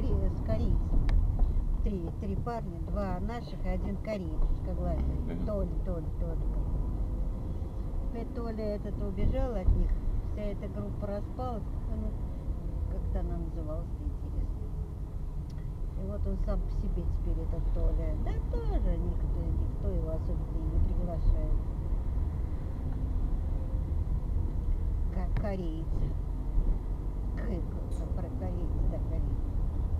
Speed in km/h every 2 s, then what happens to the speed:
21, 15, 14, 19, 20, 21, 17, 15, 16, 17, 19, 19, 16, 18, 21.
0-3 slows to 14. 3-9 speeds up to 21. 13-30 steady at about 17.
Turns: none.